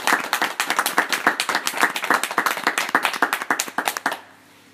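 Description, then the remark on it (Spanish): An audience bursts into steady applause, many hands clapping in a dense, crackling rhythm that holds for about four seconds before stopping abruptly, leaving near silence. “Nos permite darte un gran abrazo, un gran aplauso por estar con nosotros y por todas esas.”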